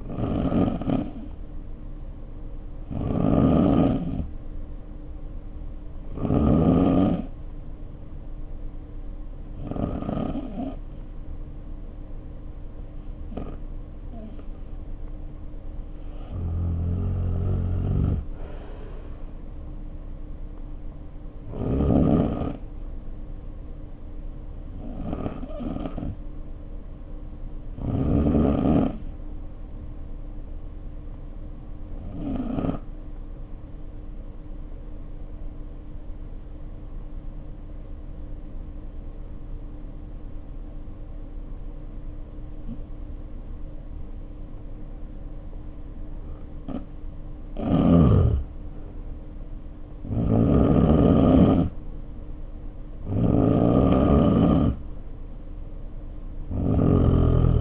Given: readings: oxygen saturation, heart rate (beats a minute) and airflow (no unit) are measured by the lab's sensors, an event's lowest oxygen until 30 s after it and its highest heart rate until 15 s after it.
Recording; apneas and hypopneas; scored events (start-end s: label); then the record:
breathing in sleep by a smartphone at the bedside; 1
32.00-51.10 s: hypopnea (N2, oxygen 95% highest, then 84% lowest, heart rate 57 at the start, 64 highest)
From the record:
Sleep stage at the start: N2 (light sleep); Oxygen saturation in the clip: 88 to 95%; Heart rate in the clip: 48 to 64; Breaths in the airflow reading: 14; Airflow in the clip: -3.2 to 3.9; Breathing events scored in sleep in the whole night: 520 in 7.2 hours asleep